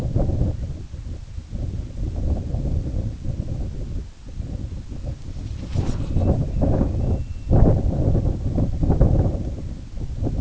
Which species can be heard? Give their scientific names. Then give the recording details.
Pluvialis squatarola. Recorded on Arctic tundra, site IGLO-A, on 17 June 2018. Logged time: 19:59